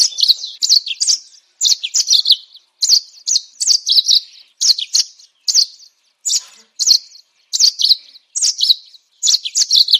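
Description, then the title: Bird song delivered in short bursts of high chirping notes, roughly one burst a second, with brief silences between. Masteran: training songs for cage birds. "Masteran Burung"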